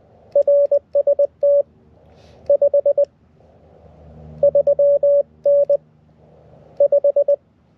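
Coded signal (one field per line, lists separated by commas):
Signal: Morse code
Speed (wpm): 20 wpm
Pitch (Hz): 570 Hz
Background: none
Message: RST 53N 5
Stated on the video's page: QRP CW summit activation on 7.062, 14.0635, 18.0835, 21.061 and 28.0635, vertical antenna, poor sending admitted.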